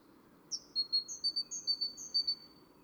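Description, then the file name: Great tit with a quick string of high, clear notes alternating between two pitches, the phrase repeated several times. "Parus major"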